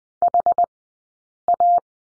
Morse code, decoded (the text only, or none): HA